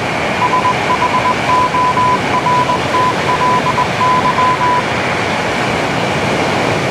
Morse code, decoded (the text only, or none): SHORTLY